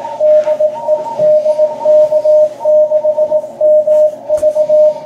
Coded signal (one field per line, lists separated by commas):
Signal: Morse code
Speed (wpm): 18 wpm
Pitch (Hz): 610 Hz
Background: radio noise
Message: DE DK6MV